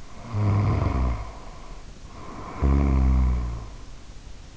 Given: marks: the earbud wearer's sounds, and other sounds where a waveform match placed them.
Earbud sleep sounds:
sounds in sleep by an in-ear microphone; snoring breath
0.05-4.22 s: snoring breath

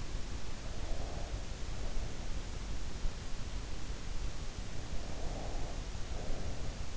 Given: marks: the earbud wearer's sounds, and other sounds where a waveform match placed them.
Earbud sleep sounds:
sounds in sleep by an in-ear microphone; breath
0.54-2.24 s: breath
5.01-6.96 s: breath

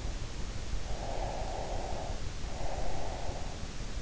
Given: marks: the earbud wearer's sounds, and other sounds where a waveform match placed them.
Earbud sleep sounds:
sounds in sleep by an in-ear microphone; breath
1.08-3.52 s: breath

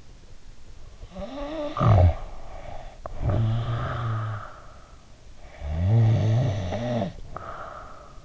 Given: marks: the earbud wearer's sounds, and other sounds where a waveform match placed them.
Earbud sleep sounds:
sounds in sleep by an in-ear microphone; snoring breath
1.07-5.08 s: snoring breath
5.34-8.24 s: snoring breath

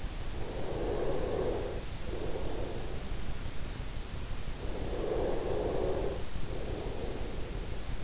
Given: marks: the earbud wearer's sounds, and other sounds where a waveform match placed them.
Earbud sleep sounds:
sounds in sleep by an in-ear microphone; snoring breath
0.04-3.04 s: snoring breath
4.37-8.04 s: snoring breath

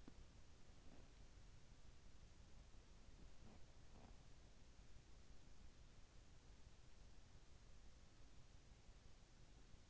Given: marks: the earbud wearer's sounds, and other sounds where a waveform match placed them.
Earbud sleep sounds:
sounds in sleep by an in-ear microphone; body movement
0.00-4.26 s: body movement

